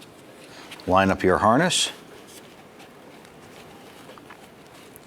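Someone talks briefly while lining up a plastic wiring harness connector with a lamp assembly socket before clipping it on. After that comes quiet handling with a few faint, light ticks around 3.2, 4.2, 4.3 and 5.0 seconds. Nothing has clipped or seated yet.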